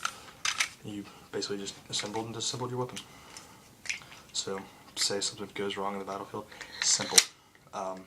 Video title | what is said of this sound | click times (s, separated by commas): ignite Black Ops 1911 | put the slide lock in till you hear that click. | 0.1 s